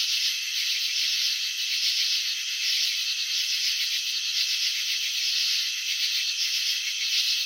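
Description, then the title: Cricket chirping, a constant shrill buzz blending into one even wall of sound with gentle waves of intensity. Crickets chirping, shown in a slow-motion video of wing vibrations and antenna movements. "Crickets in Slow Motion. Capturing the Elegance of Chirping"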